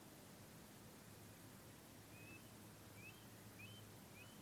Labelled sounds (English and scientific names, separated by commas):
Eurasian Stone-curlew (Burhinus oedicnemus)